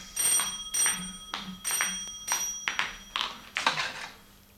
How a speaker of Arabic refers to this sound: تدخل وولترز لترد على التليفون.